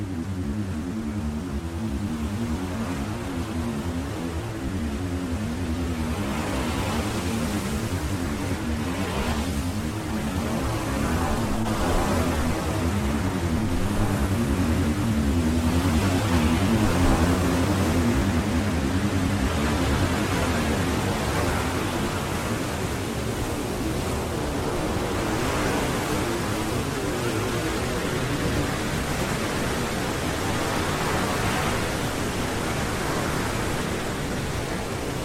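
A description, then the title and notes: Slowly evolving synth pads form a dense, steady wash with a warm low hum and wavering tones in the low middle. A soft, airy hiss sits above, with gentle swells drifting through around the middle before the level eases slightly toward the end. I layered Meghan's field recording of the crashing waves across the stereo field and then added my own slowly evolving pads.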